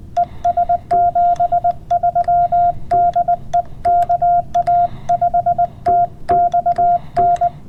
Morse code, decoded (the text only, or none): ES 73 DE KA5TXN